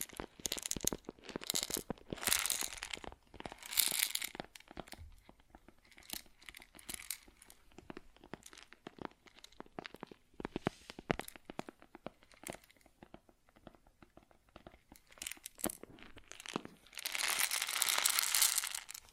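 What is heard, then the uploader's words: Grains rustle and crackle in dense, irregular bursts of tiny clicks and crunches, with quieter, sparser patches in between. Louder, hissier pours swell around the two-to-four second mark and again near the end, bright and crinkly like dry material shifting. ASMR Grain Sounds (No Talking).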